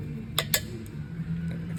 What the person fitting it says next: you heard that click, that loosens the tension up.